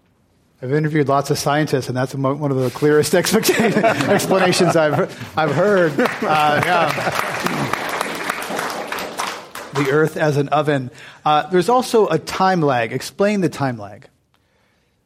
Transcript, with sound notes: I’ve interviewed lots of scientists and that’s one of the clearest explanations I’ve heard.
[Applause]
The earth as an oven. There’s also a time lag, explain the time lag.